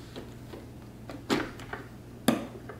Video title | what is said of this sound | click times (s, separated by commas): NEW Shark AI Ultra 2-in-1 Robot Self-Empty XL VacMop - Review & Testing On All Floor Types! | it clicked into place. | 2.3 s